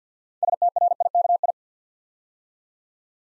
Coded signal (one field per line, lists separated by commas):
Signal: Morse code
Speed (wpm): 48 wpm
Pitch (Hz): 700 Hz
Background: none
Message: STRIKI